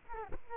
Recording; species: mosquito wingbeat signal from an infrared sensor; Culex quinquefasciatus